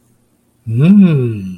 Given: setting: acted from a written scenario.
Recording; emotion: vocal sound without words; desire